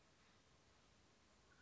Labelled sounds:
Mountain Quail (Oreortyx pictus)
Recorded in Sonoma County, California

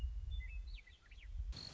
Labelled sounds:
Western Meadowlark (Sturnella neglecta)
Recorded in Sonoma County, California

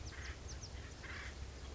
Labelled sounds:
Acorn Woodpecker (Melanerpes formicivorus)
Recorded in Sonoma County, California

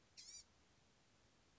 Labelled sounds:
Blue-gray Gnatcatcher (Polioptila caerulea)
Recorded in Sonoma County, California

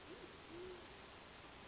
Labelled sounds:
Band-tailed Pigeon (Patagioenas fasciata)
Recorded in Sonoma County, California

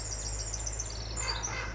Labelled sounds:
Pacific Wren (Troglodytes pacificus)
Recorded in Sonoma County, California

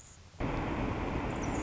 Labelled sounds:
Anna's Hummingbird (Calypte anna)
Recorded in Sonoma County, California

